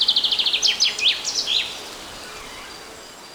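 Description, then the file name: Common chaffinch song: a quick run of repeated high chips descending slightly in pitch, ending in a brief flourish, then steady background hiss. "Fringilla coelebs"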